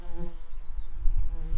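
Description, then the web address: Garden bumblebee buzz, a steady low hum with even harmonic bands, wavering slightly in pitch and loudness throughout. Workers. "bumblebees Hortorum-workers"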